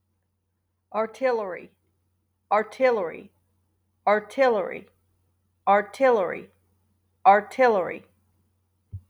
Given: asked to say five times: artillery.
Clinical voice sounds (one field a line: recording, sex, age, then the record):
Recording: repeated word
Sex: female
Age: 30 to 39 years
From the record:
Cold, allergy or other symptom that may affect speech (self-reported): no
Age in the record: 38 years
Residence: Ohio, United States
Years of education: 21